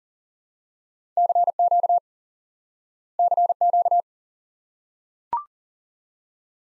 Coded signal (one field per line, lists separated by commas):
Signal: Morse code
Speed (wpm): 40 wpm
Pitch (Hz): 700 Hz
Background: none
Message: CQ CQ